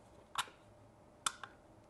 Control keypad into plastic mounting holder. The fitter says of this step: it'll snap right into place and hold on to that keypad just like it does in your system with the Cat 5 cable